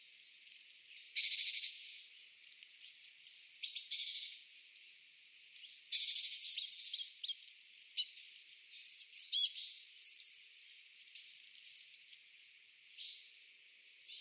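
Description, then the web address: Eurasian blue tit: small bird calling in scattered bursts: buzzy notes, a fast high trill of repeated notes, and descending chattering trills, with quiet gaps between. "cianscape. Deverinetal"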